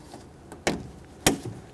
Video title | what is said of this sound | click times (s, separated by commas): How to Replace Rear Window Regulators 1994-1997 Honda Accord | it's time for the wiring harness we'll take this and slide it through the port plug it in listen for a click | 1.3 s